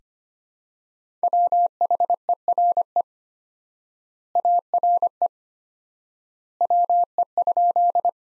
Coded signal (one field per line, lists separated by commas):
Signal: Morse code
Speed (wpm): 25 wpm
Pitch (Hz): 700 Hz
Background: none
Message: WHERE ARE WE?